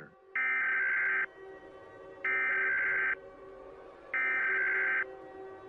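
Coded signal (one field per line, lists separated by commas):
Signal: Emergency Alert System (SAME) tones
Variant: header bursts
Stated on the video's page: Fake mock EAS scenario for a black hole approach, containing valid EAS tones.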